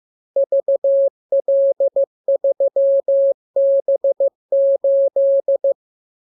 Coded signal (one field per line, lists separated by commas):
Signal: Morse code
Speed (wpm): 15 wpm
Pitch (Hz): 550 Hz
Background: none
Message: VL3B8